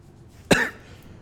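A single abrupt, harsh cough from an adult bursts out of a quiet room and fades within about a quarter second. It is one explosive expiratory cough with a slightly throaty edge, with no wheeze or whoop after it. It is likely triggered by dust blown from a heating vent, in someone who is still very stuffy.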